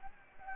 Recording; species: mosquito wingbeat signal from an infrared sensor; Anopheles gambiae